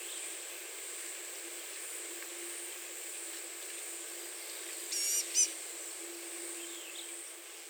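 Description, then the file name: Blue-gray gnatcatcher giving two brief, thin, high nasal calls in quick succession over a steady high hiss of insects. Recorded 30 April 2019. "2019-04-30 Blue-gray Gnatcatcher 14 Calls"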